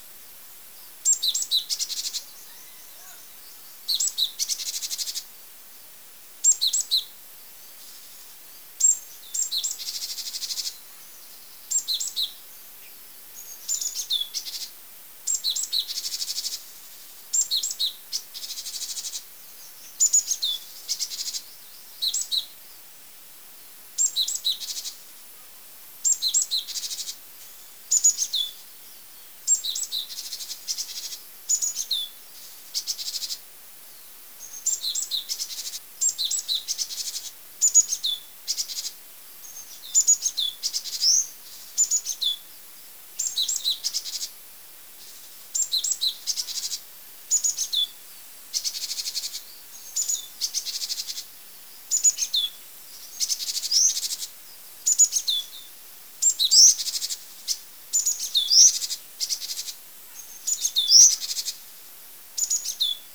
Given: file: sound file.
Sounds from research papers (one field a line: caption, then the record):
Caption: Alarm calls of Hainan-tits in response to sparrowhawk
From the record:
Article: Geographic Variation in Note Types of Alarm Calls in Japanese Tits (Parus minor)